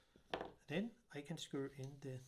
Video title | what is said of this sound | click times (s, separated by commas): How to change the battery In Fujifilm instax Square SQ20 Battery type NP-45s | we have to push this that side and then it will click into | 0.3 s